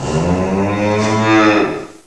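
Cow giving one long, low moo with rich harmonics, lasting about two seconds before fading out.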